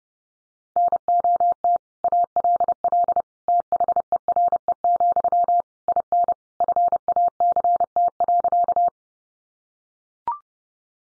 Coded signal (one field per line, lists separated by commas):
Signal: Morse code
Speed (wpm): 30 wpm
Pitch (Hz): 700 Hz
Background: none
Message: NOT ALL THERE, IN FACT.